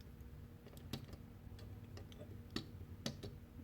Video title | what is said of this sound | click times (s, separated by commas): Patriot Prime Reviews 1988's G1 Targetmaster Spinister | they lock down I'm not sure if you can hear that or not just | 0.9 s, 2.6 s, 3.1 s